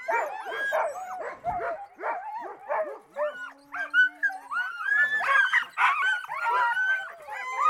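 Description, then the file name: Many sled dogs yelping and whining together in an eager, continuous chorus, with a short low hum partway through. Sled dogs before the start, Värmland, Sweden, 1 January 2013. "Vaermland Sledge Dogs Before Start"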